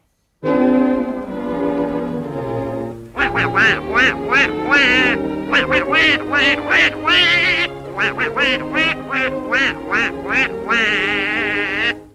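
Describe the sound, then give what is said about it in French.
The cartoon voice of Donald Duck quacks out a rapid string of garbled, nasal, buzzy syllables in choppy bursts, loud and continuous for about twelve seconds, with a brief smoother tone at the start. “Le canard Donald est à l'honneur cette fois-ci.”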